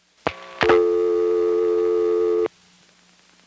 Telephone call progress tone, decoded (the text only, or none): dial tone